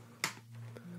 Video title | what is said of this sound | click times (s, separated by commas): How to Replace/Upgrade the RAM in an Acer Aspire One | you'll hear a few snaps this is just the cover coming off | 0.2 s, 0.8 s